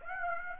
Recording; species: mosquito wingbeat signal from an infrared sensor; Aedes aegypti